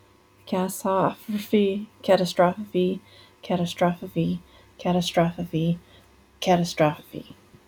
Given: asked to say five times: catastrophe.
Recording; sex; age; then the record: repeated word; female; 30 to 39 years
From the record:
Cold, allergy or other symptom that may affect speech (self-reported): no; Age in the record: 35 years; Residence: Ohio, United States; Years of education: 17